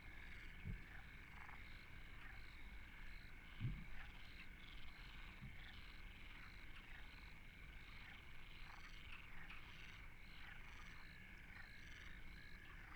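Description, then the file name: Frog chorus of pulsed croaks repeating steadily, mixed with a steady hum and a few low thuds. Frogs at Deltebre in the Ebro Delta, 2014. "Postpaisatge Granotes Deltebre"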